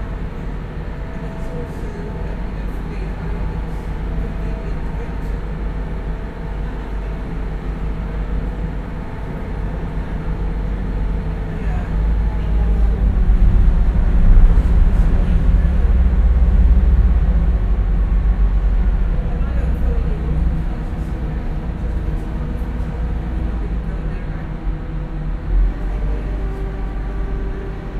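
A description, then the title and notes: Aboard the Gosport–Portsmouth passenger ferry, a deep engine rumble runs steadily throughout, swelling louder between about 12 and 20 seconds before easing back. Indistinct voices murmur underneath, and a few faint clicks and knocks break through now and then. The passenger ferry that makes the short harbour crossing from Gosport to Portsmouth here on the south coast of England. Binaural.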